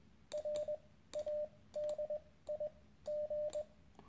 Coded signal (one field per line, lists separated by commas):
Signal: Morse code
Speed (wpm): 21 wpm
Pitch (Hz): 600 Hz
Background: radio noise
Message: RADIG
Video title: Learn Morse Code The Right Way.